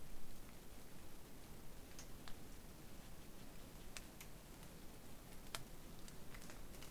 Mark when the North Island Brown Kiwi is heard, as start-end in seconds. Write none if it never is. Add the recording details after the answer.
none. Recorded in New Zealand on 8 January 2015. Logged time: 01:58. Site BX23